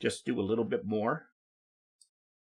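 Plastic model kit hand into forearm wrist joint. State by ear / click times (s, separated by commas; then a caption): seated / 2.0 s. Someone talks while a plastic hand from an HGUC Me02R-F01 Messer Type-F01 model kit is slid onto the forearm's wrist joint and pushed a little further. After a short silence, a single small, sharp click sounds at 2.0 s as the hand seats firmly in the wrist and will not come out.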